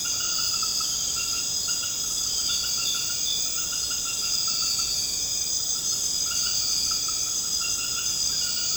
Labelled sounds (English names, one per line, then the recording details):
none
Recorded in secondary vegetation near Puerto Asís, Putumayo, Colombia, on 21 March 2025 at 22:30
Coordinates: 0.485, -76.322
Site G040